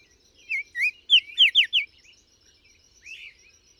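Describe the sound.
Bird singing a quick phrase of bright, high slurred whistles, several sharp downward-sweeping notes in rapid succession, followed by a softer trailing note.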